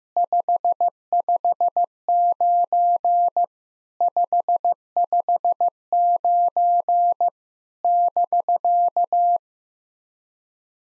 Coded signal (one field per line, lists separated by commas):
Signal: Morse code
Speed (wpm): 15 wpm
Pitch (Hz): 700 Hz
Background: none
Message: 559 559 <BK>